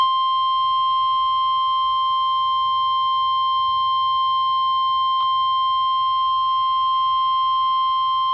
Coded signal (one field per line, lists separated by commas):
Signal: Emergency Alert System (SAME) tones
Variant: 1050 Hz attention tone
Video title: (EAS "#880") Required Weekly Test on *WIRELESS* WXL70 (Charlotte, NC) - 9/24/2025